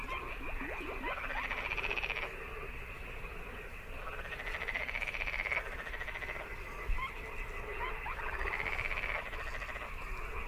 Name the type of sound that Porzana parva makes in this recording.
call